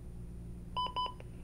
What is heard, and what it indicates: Analyzing now. Stand clear. Shock advised. that was just 2 minutes of CPR in between each shock.